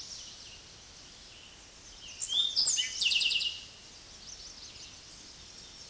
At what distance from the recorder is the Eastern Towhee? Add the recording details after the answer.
about 5 m. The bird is about level with the microphone. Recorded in a Pennsylvania forest on 16 May 2024 at 06:10. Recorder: AudioMoth, point MSD-2166. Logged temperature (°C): 16.3 °C. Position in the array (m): 109 m, 6 m